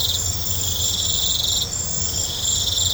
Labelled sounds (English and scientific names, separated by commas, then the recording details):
none
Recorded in pastures near Puerto Asís, Putumayo, Colombia, on 20 December 2024 at 21:00
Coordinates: 0.502, -76.324
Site G077